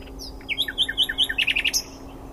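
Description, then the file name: Common nightingale song: a falling whistle, then a quick series of alternating high and low notes building into a loud final flourish. "Luscinia megarhynchos"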